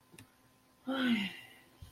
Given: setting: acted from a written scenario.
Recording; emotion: vocal sound without words; guilt